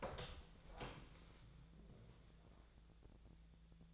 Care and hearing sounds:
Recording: daily activity, microphone in the room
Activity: open door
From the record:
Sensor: 3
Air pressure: 1000.6 hPa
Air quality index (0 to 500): 182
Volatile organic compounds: 4 ppm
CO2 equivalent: 1580 ppm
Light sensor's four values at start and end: 12/29/12/13 and 12/29/12/13

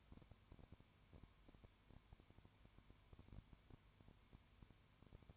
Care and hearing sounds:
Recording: daily activity, microphone in the room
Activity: no activity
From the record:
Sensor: 2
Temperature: 20.0 degrees Celsius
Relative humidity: 32.1%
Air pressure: 1001.1 hPa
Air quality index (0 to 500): 54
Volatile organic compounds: 1 ppm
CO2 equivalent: 601 ppm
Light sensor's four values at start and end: 2/3/2/2 and 2/3/2/2

